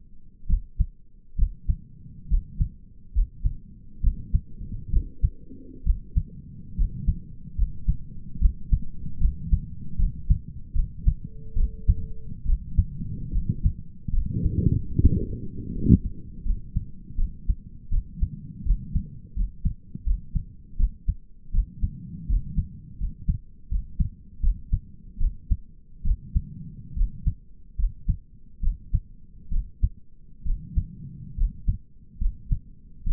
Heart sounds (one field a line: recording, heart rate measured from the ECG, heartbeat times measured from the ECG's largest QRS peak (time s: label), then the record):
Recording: heart sounds by stethoscope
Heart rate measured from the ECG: 74 bpm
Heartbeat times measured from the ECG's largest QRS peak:
0.48 s: heartbeat
1.37 s: heartbeat
2.30 s: heartbeat
3.14 s: heartbeat
4.02 s: heartbeat
4.92 s: heartbeat
5.85 s: heartbeat
6.77 s: heartbeat
7.57 s: heartbeat
8.40 s: heartbeat
9.20 s: heartbeat
9.98 s: heartbeat
10.75 s: heartbeat
11.56 s: heartbeat
12.46 s: heartbeat
13.34 s: heartbeat
14.13 s: heartbeat
14.98 s: heartbeat
15.74 s: heartbeat
16.45 s: heartbeat
17.18 s: heartbeat
17.92 s: heartbeat
18.66 s: heartbeat
19.36 s: heartbeat
20.06 s: heartbeat
20.79 s: heartbeat
21.53 s: heartbeat
22.29 s: heartbeat
23.00 s: heartbeat
23.71 s: heartbeat
24.43 s: heartbeat
25.20 s: heartbeat
26.05 s: heartbeat
26.97 s: heartbeat
27.78 s: heartbeat
28.63 s: heartbeat
29.52 s: heartbeat
30.46 s: heartbeat
31.38 s: heartbeat
32.20 s: heartbeat
33.06 s: heartbeat
From the record:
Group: healthy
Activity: rest 0-14 s, cold pressor test 14-33 s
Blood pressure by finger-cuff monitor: 88/53 mmHg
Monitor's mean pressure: 65 mmHg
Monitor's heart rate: 73 bpm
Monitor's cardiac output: 6.4 L/min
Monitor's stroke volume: 88 mL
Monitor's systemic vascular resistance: 760 dyn s/cm5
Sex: male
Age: 22 years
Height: 181 cm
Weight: 79 kg